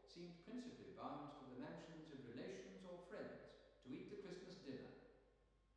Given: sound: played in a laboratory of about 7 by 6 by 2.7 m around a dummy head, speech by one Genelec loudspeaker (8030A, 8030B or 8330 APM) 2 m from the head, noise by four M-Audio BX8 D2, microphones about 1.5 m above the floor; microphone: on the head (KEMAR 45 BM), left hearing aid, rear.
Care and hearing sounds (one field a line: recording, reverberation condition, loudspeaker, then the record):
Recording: male speech in English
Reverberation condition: high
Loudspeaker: 150 degrees to the right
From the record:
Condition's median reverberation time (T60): about 1300 ms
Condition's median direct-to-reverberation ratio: about -4.0 dB